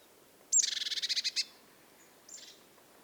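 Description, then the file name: Eurasian blue tit call: a high thin note followed by a fast churring chatter of buzzy pulses, then a softer brief repeat after a pause. "Cyanistes caeruleus"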